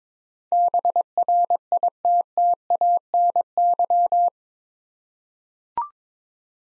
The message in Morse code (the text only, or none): BRITTANY